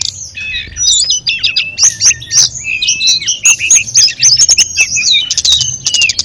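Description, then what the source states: Sunda robin song: several birds overlapping in dense, high whistled and twittering phrases with rapid sharp notes, nearly continuous throughout. Five tledekan birds singing together.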